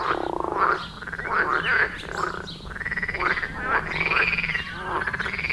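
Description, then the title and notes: Croaking frogs in a busy chorus, rapid pulsed rattles blending with longer arched, buzzy calls from several animals. Frog chorus at the village pond in Wohlsborn, Germany; recorded with a TASCAM DR-40X. "Wohlsborn, Deutschland - Froschkonzert. Frog concert. Froschkonzert am Dorfteich in Wohlsborn"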